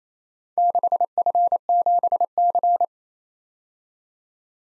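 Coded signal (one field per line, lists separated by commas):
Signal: Morse code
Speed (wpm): 27 wpm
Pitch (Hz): 700 Hz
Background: none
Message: 6F7C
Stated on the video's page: Four-character random letter-number practice groups at 28 wpm, each sent in Morse, spoken, then sent again, for head-copy training.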